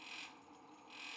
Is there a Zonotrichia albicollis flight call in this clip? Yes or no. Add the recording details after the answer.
no. No flight call is heard. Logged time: 10:12 on 5 December 2014